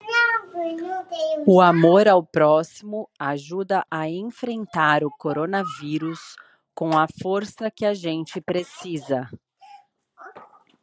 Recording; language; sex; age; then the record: spoken sentence; Brazilian Portuguese; female; 40 to 49 years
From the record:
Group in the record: control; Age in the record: 41 years